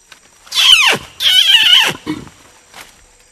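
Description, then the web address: Sumatran orangutan squealing calls, two loud harmonic cries each lasting under a second, the first sweeping steeply downward, followed by a brief lower sound. "earth naturelibrary assets s su sumatran orangutan"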